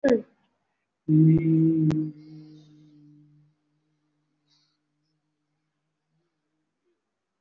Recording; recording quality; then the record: sustained vowel as in beet; excellent, no background noise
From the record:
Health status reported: respiratory illness, not identified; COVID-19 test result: negative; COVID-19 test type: RT-PCR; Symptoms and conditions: breathing difficulty, chronic lung disease, hypertension, diabetes, ischaemic heart disease, another condition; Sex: male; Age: 64 years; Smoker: yes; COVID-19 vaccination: both doses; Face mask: worn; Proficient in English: yes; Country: India